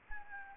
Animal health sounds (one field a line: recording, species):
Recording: mosquito wingbeat signal from an infrared sensor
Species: Aedes albopictus